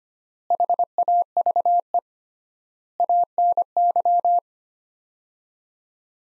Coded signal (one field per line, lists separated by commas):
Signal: Morse code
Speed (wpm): 25 wpm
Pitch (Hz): 700 Hz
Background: none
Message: HAVE ANY